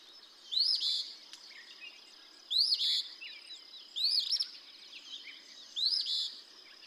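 Eastern Phoebe repeating its burry, rasping two-part song four times, with a steady high tone behind.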